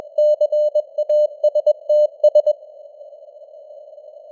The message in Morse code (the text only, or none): CASTS